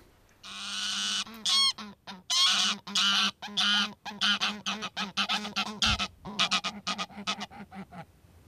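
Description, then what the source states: Greylag goose: loud nasal honks, then a quicker run of shorter honks trailing off softer. Greylags return to the archipelago in April around ice break-up to check nest sites, flying with deep honks announcing arrival and territory; also seen on inland fields seeking new territory.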